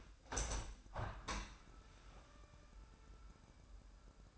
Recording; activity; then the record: daily activity, microphone in the room; open window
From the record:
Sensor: 2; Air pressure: 998.5 hPa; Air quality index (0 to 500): 131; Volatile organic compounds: 3 ppm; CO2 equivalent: 1489 ppm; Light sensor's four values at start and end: 6/15/6/7 and 6/15/6/7